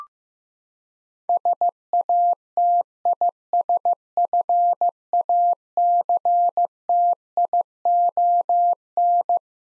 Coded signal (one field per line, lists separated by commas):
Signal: Morse code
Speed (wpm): 16 wpm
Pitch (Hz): 700 Hz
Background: none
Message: SATISFACTION